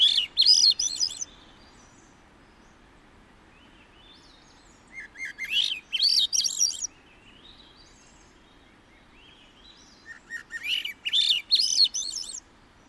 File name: swainsons thrush